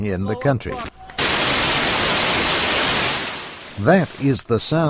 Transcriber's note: sound - explosions from video of homs shelling